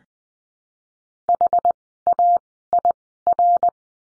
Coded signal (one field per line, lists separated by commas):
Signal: Morse code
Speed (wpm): 20 wpm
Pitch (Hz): 700 Hz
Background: none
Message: HAIR